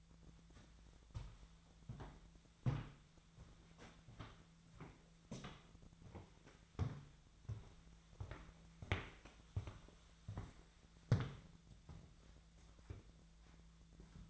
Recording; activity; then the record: daily activity, microphone in the room; walk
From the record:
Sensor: 3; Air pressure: 1008.3 hPa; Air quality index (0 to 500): 191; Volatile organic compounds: 14 ppm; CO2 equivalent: 2460 ppm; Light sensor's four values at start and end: 17/41/18/18 and 17/41/18/18